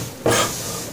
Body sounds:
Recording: coughing mixed with background sound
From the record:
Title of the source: Cough Around the Clock!

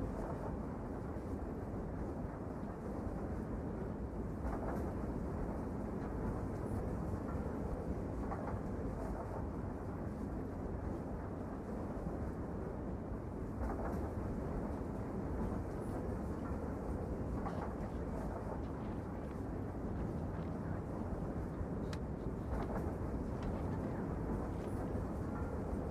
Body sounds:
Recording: background sound without coughing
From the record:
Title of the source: Train Ride Ambience ambient white noise for sleeping, focus, studying, reading

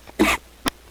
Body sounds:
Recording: coughing mixed with background sound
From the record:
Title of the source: 61 morning phlegmy cough...again

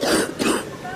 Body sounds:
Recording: coughing mixed with background sound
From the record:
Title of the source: 60 coughing still (deep and wet cough)

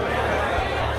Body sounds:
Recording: background sound without coughing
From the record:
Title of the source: CITY SOUNDS Busy Bar in the Evening Night - 2 HOURS of Ambiance for Relaxation

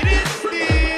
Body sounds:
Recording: coughing mixed with background sound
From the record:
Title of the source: female coughing - coughing sound effects girl

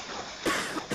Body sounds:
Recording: coughing mixed with background sound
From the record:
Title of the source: 31 night wet cough

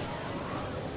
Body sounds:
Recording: coughing mixed with background sound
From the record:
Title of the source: Coughing 51

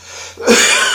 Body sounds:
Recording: coughing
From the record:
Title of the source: Spring Cold Coughing 2

